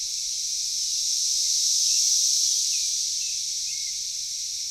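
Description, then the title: Cicadas keep up a bright hissing chorus that swells once, while several faint brief chirps sound in the latter half. Cicadas calling in a backyard in Knoxville, Tennessee, USA. "3619 Alpine Dr SE, Knoxville, TN 37920, USA - Backyard Cicadas"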